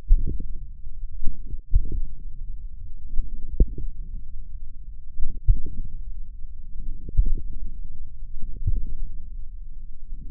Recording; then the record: forearm muscle sounds (acoustic myography)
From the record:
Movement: wrist extension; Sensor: system 1, eight BSWA MPA416 microphones around the upper forearm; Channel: 8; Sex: male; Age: 42 years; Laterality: right